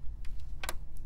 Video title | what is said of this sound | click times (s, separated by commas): Dell Precision T5600 Workstation Review & Overview - Memory Install Tips - How to Configure - Gaming | hear that click it's going to be on both sides that's basically the tab is popping | 0.6 s, 0.7 s